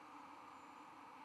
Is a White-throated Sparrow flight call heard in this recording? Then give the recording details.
no. No flight call is heard. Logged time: 01:51 on 11 November 2014